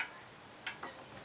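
On a racing mower being rebuilt, the new quick-release handlebar steering column is slid down through the hole in the hood into the metal steering shaft. A sharp click at 0.7 s marks the first of its two locking pins engaging, followed by a softer tick and a faint one. The pin seats and locks into place.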